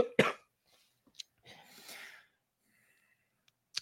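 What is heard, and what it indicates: A single sharp, loud, explosive cough from an adult man, followed after a pause by a softer, breathy, rasping exhalation like a throat clear. A plain isolated cough in a quiet indoor room, strong enough that he loses his voice with it, a cough that lingers in him.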